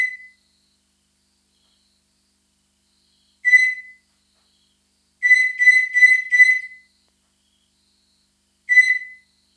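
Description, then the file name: Katydid calls: piercing, whistle-like pulses, one cut short at the start, one alone, then a fast run of four, then another single, with long silent gaps between. Recorded in the Nguru Mountains, Tanzania, at a temperature of 21 °C. "Aerotegmina vociferator Nguru Mts 21 C"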